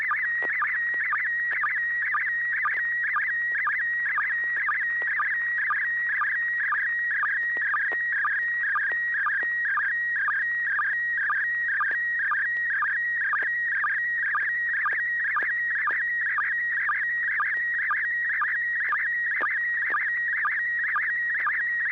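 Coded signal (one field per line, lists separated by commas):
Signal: SSTV (slow-scan television)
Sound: continuous warbling whistle with rhythmic chirps about twice a second, over low hum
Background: low electrical hum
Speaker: yep it's an ISS slow scan download and it started out really really clean um 40th anniversary of amateur radio on human space flight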